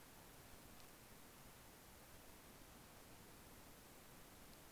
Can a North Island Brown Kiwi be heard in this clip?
no